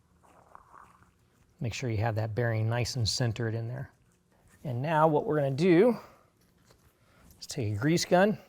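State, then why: Not seated. While a Rugged Ridge WingMate rear bumper is installed on a 2024 Jeep Gladiator, a grease gun coupler is being readied to push onto the grease fitting of the swing-out pivot bearing housing; someone talks over faint handling taps near 0.5–1.0 s and 7.3 s. Nothing has snapped or seated yet.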